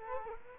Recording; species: mosquito wingbeat signal from an infrared sensor; Culex quinquefasciatus